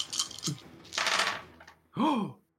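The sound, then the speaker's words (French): A few light clicks, then a dense, bright rattle as a player rolls all their dice in a tabletop game, tumbling and clattering across a hard surface for about half a second, followed by a short exclaiming voice. “J'utilise tous mes dés des Genesis.”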